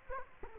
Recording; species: mosquito wingbeat signal from an infrared sensor; Culex quinquefasciatus